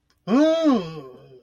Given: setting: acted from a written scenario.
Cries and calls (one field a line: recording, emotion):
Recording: vocal sound without words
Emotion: negative surprise